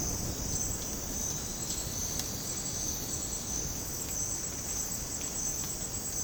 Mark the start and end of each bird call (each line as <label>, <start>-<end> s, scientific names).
Sclateria naevia, 0.55-3.51 s